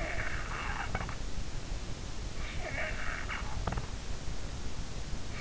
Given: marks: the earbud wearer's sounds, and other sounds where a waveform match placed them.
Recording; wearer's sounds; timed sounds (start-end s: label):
sounds in sleep by an in-ear microphone; breath
0.00-1.19 s: breath
2.66-3.92 s: breath